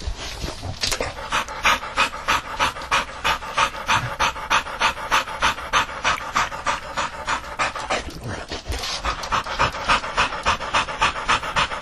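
Dog panting rapidly, fast wet slobbering breaths about three per second, steady throughout with short breaks near one and eight seconds.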